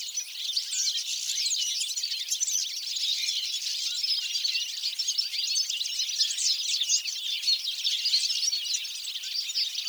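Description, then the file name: European goldfinch song, dense high-pitched chattering and trilling, steady in loudness from start to finish. "Carduelis carduelis"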